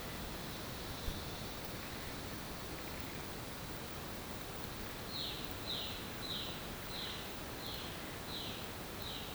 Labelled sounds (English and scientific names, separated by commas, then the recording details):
Violaceous Jay (Cyanocorax violaceus)
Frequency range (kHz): Violaceous Jay (Cyanocorax violaceus) 2.4-4.6 kHz
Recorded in pastures near Puerto Asís, Putumayo, Colombia, on 24 March 2025 at 11:00
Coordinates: 0.472, -76.329
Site G074